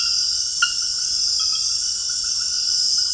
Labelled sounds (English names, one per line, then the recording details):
none
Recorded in dense forest near Puerto Asís, Putumayo, Colombia, on 21 February 2024 at 01:30
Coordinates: 0.485, -76.325
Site G6429